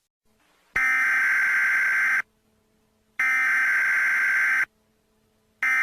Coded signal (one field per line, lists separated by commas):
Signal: Emergency Alert System (SAME) tones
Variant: header bursts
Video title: Chick-Fil-A Emergency Alert System (2016 edition)